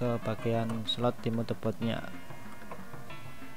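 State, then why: Not seated. A desktop RAM module is handled at a motherboard DIMM slot while someone talks over soft background music, with a brief small tick at 2.7 s. The stick has not yet been pressed home, and nothing has seated or clicked yet.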